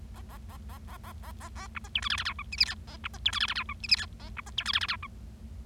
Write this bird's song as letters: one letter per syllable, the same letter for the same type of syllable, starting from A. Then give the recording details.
A A A A A A A A A B C D E F F G H I J K A B C D E F F G H I J K A B C D E F F G H. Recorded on 25 March 2012 at 13:38. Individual gy6or6